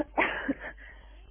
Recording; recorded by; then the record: voluntary cough; telephone call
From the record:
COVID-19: positive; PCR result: self-reported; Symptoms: yes